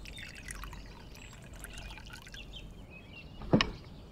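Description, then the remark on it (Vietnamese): Water trickles and splashes steadily as it's poured into a cup, a soft continuous stream that ends with a brief sharper knock, like the cup or pot being set down. “Để Hài Nhi rót nước cho mẹ.”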